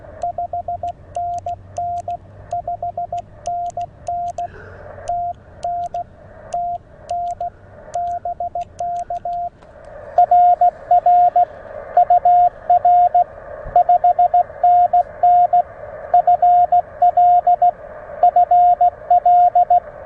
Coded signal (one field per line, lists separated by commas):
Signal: Morse code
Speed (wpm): 16 wpm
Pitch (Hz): 700 Hz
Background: radio noise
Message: 5NN 5NN TN TN BK RR UR 5NN FL FL